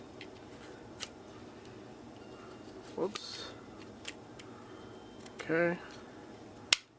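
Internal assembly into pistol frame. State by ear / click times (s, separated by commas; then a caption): seated / 6.7 s. During reassembly of a Glock pistol, a removed internal assembly is dropped back into its polymer frame, with scattered light clicks and handling noise before it and someone talking briefly. A single sharp, loud snap at 6.7 s marks the assembly seating back into place in the frame.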